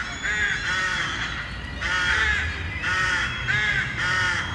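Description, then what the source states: Rooks giving harsh, grating caws, several birds overlapping in bursts, with a low steady rumble beneath. Eight rooks making a racket together in a colony in Lund, Skåne; one lying in its nest and fluttering is thought to be calling.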